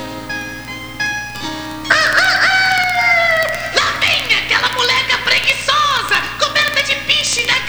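A rooster, perched on a branch at a bend in the path, lets out a loud, drawn-out crow that rises and holds, followed by a rapid series of choppy, wavering crowing notes, preceded by a few faint steady tones; from a 1991 Editora Globo children's story cassette.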